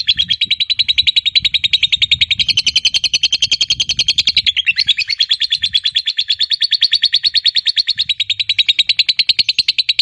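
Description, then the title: Lovebird in a long, unbroken chatter of very rapid, shrill pulses, several per second, holding steady throughout. Fighter-type lovebird giving a long ngekek. "Suara Lovebird FIGHTER NGEKEK PANJANG"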